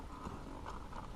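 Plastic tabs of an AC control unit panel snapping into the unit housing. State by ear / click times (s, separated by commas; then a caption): not seated / none. A plastic panel of an AC control unit, held by plastic tabs into the unit housing, is handled and pushed toward place. A steady low, rustling noise is heard, with a brief faint transient near 1.0 s. Nothing has seated or clicked yet; the part has not gone home.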